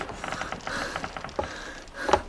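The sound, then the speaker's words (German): Dense, irregular clicking and crackling of iron clasps mixed with creaking, groaning warped wood at a hatch, where a barefoot man has climbed a ladder until his shoulders are just under it, growing louder toward the end with a sharper crack. No voices. “Dann hörte ich Eisenspangen knistern und verkrümmtes Holz knacken.”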